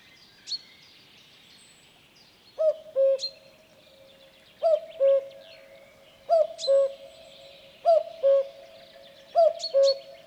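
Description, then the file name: Common cuckoo repeating its falling two-note cu-coo five times, roughly every one and a half seconds, over light twittering of other birds. "kagu"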